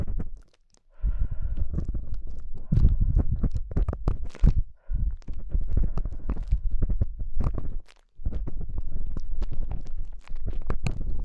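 Ear cleaning with assorted sticks: dense crackling and low rumbling scrapes run continuously, broken by brief silences near 0.5, 4.7 and 8 seconds.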